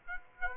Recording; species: mosquito wingbeat signal from an infrared sensor; Aedes aegypti